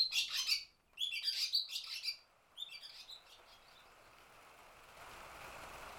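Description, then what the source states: Barn swallows giving bursts of high, rapid chirps for about two seconds, then fading into a steady hiss. Recorded inside a barn, from the recordist's sound library.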